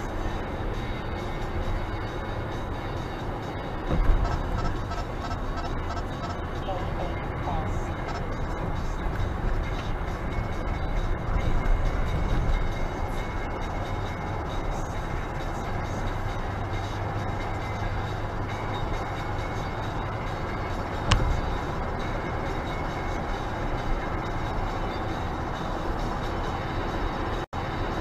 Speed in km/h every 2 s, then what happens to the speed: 73, 75, 76, 78, 78, 80, 81, 82, 85, 86, 89, 90, 91, 93.
0-28 speeds up to 93.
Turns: none.